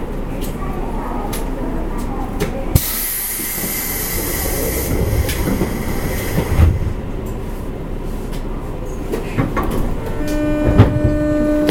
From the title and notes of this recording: JR西日本 201系 大和路線 久宝寺からJR難波まで. JR西日本２０１系電車の走行音です。 大和路線の普通電車で録音しました。 It is the running sound of JR West 201 train. I recorded on the Yamatoji line's local train. The section is from Kyuhoji to JR Nammba.